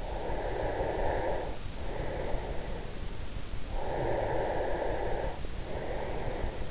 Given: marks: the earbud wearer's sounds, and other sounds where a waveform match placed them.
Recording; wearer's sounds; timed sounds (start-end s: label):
sounds in sleep by an in-ear microphone; breath
0.03-2.93 s: breath
3.35-6.71 s: breath